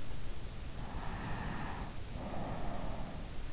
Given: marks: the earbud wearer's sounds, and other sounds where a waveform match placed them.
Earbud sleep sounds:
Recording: sounds in sleep by an in-ear microphone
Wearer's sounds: breath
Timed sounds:
0.84-3.24 s: breath

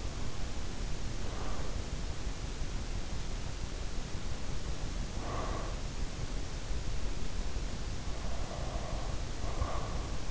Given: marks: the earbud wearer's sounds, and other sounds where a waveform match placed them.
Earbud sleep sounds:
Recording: sounds in sleep by an in-ear microphone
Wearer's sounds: breath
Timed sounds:
0.00-2.05 s: breath
4.20-6.16 s: breath
8.00-10.31 s: breath

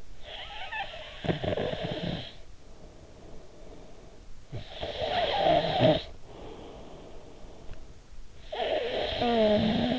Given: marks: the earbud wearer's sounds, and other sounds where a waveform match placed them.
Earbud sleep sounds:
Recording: sounds in sleep by an in-ear microphone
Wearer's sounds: snoring breath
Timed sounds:
0.00-4.12 s: snoring breath
4.32-9.99 s: snoring breath

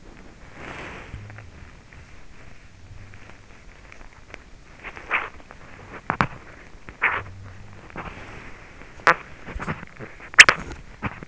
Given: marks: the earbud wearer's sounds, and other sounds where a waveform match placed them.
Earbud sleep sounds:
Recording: sounds in sleep by an in-ear microphone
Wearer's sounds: body movement, teeth grinding, breath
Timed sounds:
0.00-4.50 s: body movement
5.00-7.43 s: teeth grinding
7.73-9.08 s: breath
9.44-11.28 s: teeth grinding

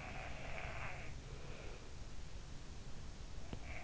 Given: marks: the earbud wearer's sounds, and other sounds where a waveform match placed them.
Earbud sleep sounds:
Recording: sounds in sleep by an in-ear microphone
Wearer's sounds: breath, teeth grinding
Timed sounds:
0.00-2.07 s: sound from someone else or the room
1.10-2.07 s: breath
3.37-3.71 s: teeth grinding
3.53-3.84 s: sound from someone else or the room

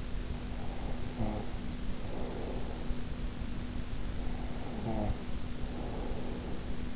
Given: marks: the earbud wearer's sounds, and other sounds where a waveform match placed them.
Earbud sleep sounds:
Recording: sounds in sleep by an in-ear microphone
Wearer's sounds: snoring breath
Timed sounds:
0.27-3.19 s: snoring breath
3.88-6.96 s: snoring breath

